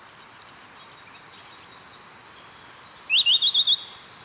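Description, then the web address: Pale-eyed thrush calling, thin high twittering notes followed by a quick run of short, high, upslurred notes near the end. Ecuador. "Natures Songs S America Birds of Ecuador Pale-eyed Thrush"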